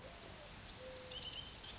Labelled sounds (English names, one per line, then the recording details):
Mourning Dove
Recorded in Sonoma County, California